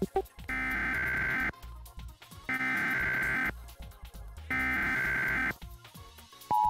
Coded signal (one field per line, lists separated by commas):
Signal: Emergency Alert System (SAME) tones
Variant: header bursts